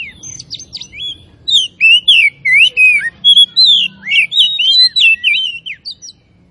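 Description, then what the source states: Oriental magpie-robin song: a rich run of varied whistles, slurred notes and sharp chirps, starting softly then pouring out densely for several seconds. Kacer (oriental magpie-robin) from Tretes, singing in gacor style, vigorous and continuous.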